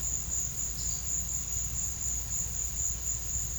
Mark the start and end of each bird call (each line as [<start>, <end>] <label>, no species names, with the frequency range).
[0.72, 1.12] bird call (3.2-5.6 kHz)